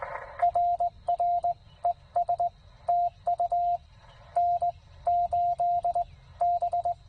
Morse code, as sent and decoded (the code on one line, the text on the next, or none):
.-. .-. / . ... / - ..- / -. / ---.. / -...
RR ES TU N 8 B